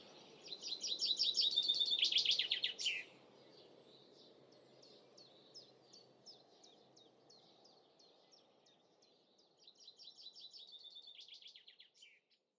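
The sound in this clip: Bird song: a loud fast trill, then a run of soft repeated high chirps, ending with another, softer trill.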